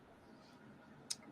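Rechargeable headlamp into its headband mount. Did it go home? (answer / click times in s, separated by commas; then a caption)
yes / 1.1 s. A small USB-rechargeable camping headlamp is pressed into its headband mount. A single sharp, bright snap sounds at 1.1 s against a quiet background, and the headlamp pops into its mount and is seated.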